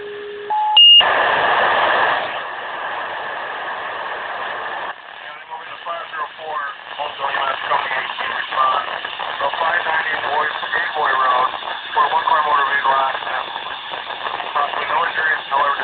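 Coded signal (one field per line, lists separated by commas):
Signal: pager alert tone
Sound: three quick rising beeps, a burst of hiss, then a dispatcher talking over radio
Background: radio static, dispatcher voice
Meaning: Fire company alerted for dispatch to a call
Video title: fire pager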